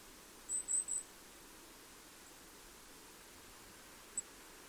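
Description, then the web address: Bird calls, a fast burst of three high thin notes, then silence apart from a single faint later pip and low hiss. "cianscape. Deverinetal 2025. Bird Only"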